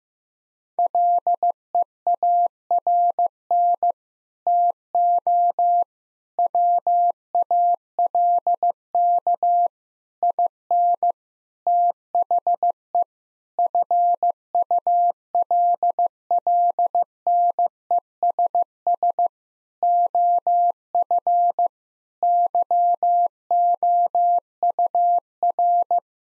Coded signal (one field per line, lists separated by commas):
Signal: Morse code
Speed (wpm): 15 wpm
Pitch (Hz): 700 Hz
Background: none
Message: LEARN TO WALK IN THE FULLNESS OF YOUR